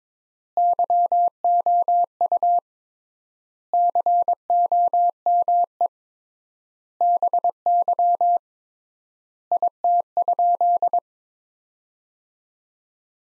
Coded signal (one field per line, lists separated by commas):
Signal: Morse code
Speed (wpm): 22 wpm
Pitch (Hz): 700 Hz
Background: none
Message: YOU COME BY IT?